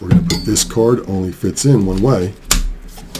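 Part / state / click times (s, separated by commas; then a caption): graphics card into PCIe riser slot / seated / 3.2 s. A graphics card's edge connector is pushed into a PCIe riser slot, a card that only fits one way, while someone talks and light handling clatter is heard in the background. The card snaps and seats into the slot with a single sharp click at 3.1 seconds.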